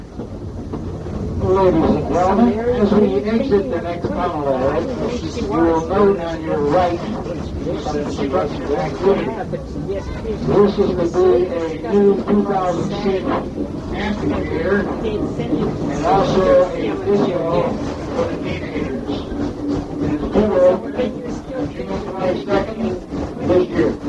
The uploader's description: a trip to Disneyland